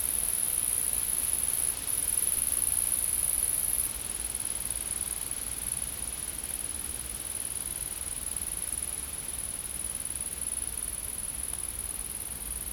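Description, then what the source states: Insects hold a continuous high, thin buzzing drone, a little louder in the opening seconds, with soft low rumble beneath. Insects recorded in a field.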